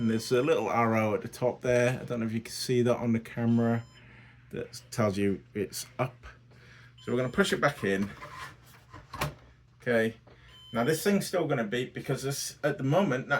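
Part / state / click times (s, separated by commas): hard drive caddy into NAS drive bay / seated / 9.1 s, 9.2 s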